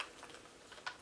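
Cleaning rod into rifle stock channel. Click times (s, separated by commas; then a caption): 0.0 s. On a Spanish M1916 Mauser 7.62 NATO Civil Guard rifle, the steel cleaning rod is pushed down into the stock channel until its catch locks. A sharp metallic click at 0.0 s marks the rod seating, followed by faint light ticks and a second brief transient near 0.9 s. The rod is confirmed locked in place.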